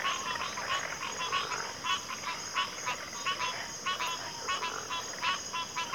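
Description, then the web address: Crickets trilling in a steady, high continuous drone, with many rapid pulsed calls throughout. Chorus of crickets in a backwater. "WLL Grade 1-12 Pre-Uni Library Enter Natures Songs Sleep Sounds of Nature CRICKETS Backwater Chorus"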